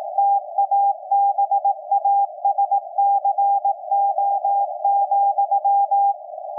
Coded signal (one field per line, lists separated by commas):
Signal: Morse code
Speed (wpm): 18 wpm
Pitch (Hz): 800 Hz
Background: none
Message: TABASCO,